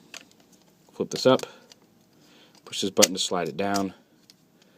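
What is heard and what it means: Someone talks while handling the plastic leg section of a Takara MP-13 Masterpiece Soundwave with Condor transforming robot figure, flipping it up and pressing the release button to slide it down. Small plastic ticks and taps are heard between the talking. Nothing has seated or clicked into place yet; the folded leg piece is not yet home.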